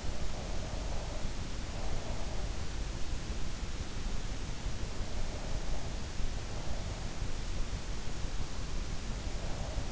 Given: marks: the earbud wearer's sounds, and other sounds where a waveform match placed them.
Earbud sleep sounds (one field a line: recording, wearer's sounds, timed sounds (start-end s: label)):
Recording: sounds in sleep by an in-ear microphone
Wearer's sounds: breath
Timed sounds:
0.00-2.51 s: breath